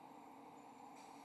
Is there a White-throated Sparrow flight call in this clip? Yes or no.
no